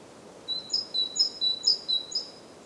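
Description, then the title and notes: Great tit song: clear, evenly spaced two-note phrases, several repeated against soft hiss. Recorded at Głodówka, Žilina Region, Slovakia, with a Zoom F3 and Usi Pro microphones. "Głodówka, Kraj żyliński, Słowacja - Great voice of a great tit. Recordist: Maciej Wirmański"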